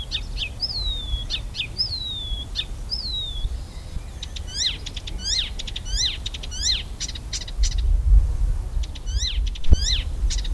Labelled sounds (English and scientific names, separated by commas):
Icterine Warbler (Hippolais icterina) song